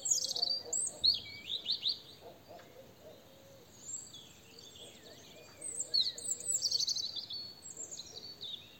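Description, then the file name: European robin song: high, thin, rapidly varied warbling phrases with quick trills, bursts at the start, in the middle and near the end, separated by quieter pauses. "Erithacus rubecula"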